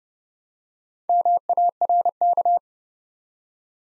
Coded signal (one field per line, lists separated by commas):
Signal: Morse code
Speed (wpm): 30 wpm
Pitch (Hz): 700 Hz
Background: none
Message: MARK